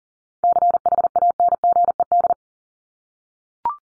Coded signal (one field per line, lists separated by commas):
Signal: Morse code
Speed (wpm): 40 wpm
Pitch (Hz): 700 Hz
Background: none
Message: CHANGED